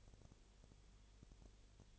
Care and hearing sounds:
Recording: daily activity, microphone in the room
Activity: no activity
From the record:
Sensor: 4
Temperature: 22.7 degrees Celsius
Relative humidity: 32.0%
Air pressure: 1008.1 hPa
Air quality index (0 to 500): 114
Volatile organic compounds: 2 ppm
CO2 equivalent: 1108 ppm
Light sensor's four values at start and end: 2/3/1/1 and 2/3/1/1

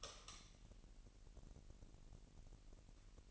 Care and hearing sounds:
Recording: daily activity, microphone in the room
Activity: light on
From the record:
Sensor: 4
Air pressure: 1002.7 hPa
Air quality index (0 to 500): 248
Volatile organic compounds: 13 ppm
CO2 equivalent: 2392 ppm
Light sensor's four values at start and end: 6/14/6/6 and 7/16/6/7

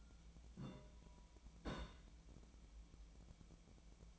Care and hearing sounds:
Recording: daily activity, microphone in the room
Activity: place on stove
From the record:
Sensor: 1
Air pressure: 1010.0 hPa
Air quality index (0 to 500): 186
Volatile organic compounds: 16 ppm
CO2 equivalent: 2560 ppm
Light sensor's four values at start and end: 36/91/38/46 and 37/94/39/47

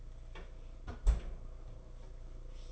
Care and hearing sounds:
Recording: daily activity, microphone in the room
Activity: close fridge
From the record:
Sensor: 5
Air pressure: 991.2 hPa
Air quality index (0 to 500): 114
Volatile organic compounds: 32 ppm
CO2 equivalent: 2995 ppm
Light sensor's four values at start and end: 34/106/41/43 and 33/106/40/42

